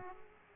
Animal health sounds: mosquito wingbeat signal from an infrared sensor; Aedes aegypti

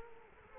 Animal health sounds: mosquito wingbeat signal from an infrared sensor; Culex quinquefasciatus

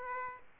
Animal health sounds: mosquito wingbeat signal from an infrared sensor; Aedes aegypti

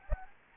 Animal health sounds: mosquito wingbeat signal from an infrared sensor; Anopheles gambiae

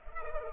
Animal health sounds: mosquito wingbeat signal from an infrared sensor; Culex pipiens

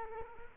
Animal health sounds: mosquito wingbeat signal from an infrared sensor; Culex quinquefasciatus

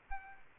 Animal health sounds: mosquito wingbeat signal from an infrared sensor; Aedes aegypti

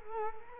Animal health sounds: mosquito wingbeat signal from an infrared sensor; Culex quinquefasciatus

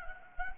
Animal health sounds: mosquito wingbeat signal from an infrared sensor; Anopheles gambiae

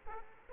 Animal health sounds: mosquito wingbeat signal from an infrared sensor; Aedes aegypti

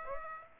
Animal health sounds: mosquito wingbeat signal from an infrared sensor; Aedes aegypti

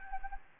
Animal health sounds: mosquito wingbeat signal from an infrared sensor; Anopheles gambiae

